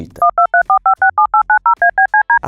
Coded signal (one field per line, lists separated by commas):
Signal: DTMF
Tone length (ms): 110 ms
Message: 1234567890ABCD